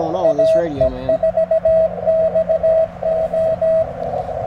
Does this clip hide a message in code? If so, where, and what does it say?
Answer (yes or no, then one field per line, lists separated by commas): yes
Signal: Morse code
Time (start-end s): 0.2-3.8 s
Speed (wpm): 17 wpm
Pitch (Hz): 650 Hz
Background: speech, radio noise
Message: AE4XO